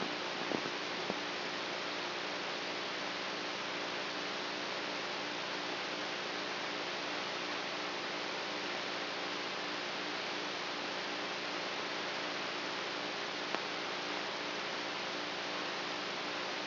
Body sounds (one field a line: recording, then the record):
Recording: brain microelectrode recording played as sound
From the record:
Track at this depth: outside the subthalamic nucleus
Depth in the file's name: 0.607 mm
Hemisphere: right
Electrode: 3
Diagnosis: Parkinson's disease